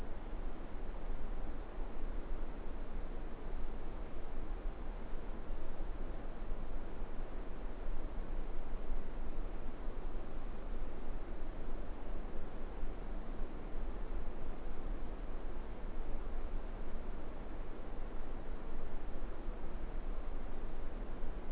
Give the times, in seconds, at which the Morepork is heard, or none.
none